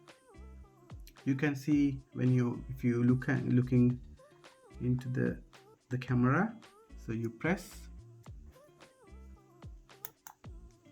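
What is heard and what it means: A rechargeable battery is pressed into the battery compartment of a GoPro Hero 7 action camera while someone talks over background music. Clicks at 10.1 s and 10.3 s mark the battery seating home.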